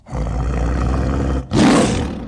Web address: tigers